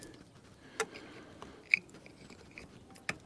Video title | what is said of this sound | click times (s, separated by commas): La claque visuelle ! Tesla Lightsaber Nouvelle version pour Model Y ! | Là, on l'entend cliquer, je rappuie dessus. | 1.7 s